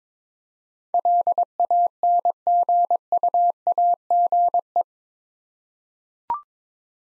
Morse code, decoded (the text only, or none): LANGUAGE